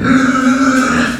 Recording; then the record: squeal of a Yucatan mini pig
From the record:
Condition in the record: after surgery on the right vocal fold (resection and tissue-engineered implant); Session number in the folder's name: 6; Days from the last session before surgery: 40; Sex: female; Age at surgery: 19 weeks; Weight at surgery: 25 kg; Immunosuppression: prednisolone